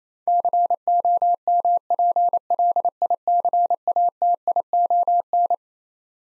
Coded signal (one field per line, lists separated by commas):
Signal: Morse code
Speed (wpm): 28 wpm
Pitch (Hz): 700 Hz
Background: none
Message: COMPLICATION